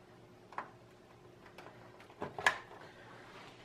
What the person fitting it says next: connection clicks right in place now